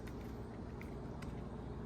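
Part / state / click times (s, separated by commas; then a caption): windshield mount onto dash camera body / not seated / none. An adhesive windshield mount is being slid onto the plastic body of a Vantrue N2S dash cam, with a steady low rumble underneath and a few faint, brief ticks of handling near 0.1, 0.8 and 1.2 seconds. The mount has not locked into place yet; nothing has seated or clicked.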